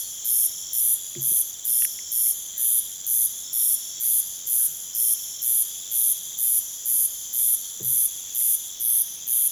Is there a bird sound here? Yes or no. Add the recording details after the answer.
no. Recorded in pastures near Puerto Asís, Putumayo, Colombia, on 27 June 2025 at 01:00. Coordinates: 0.486, -76.323. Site H29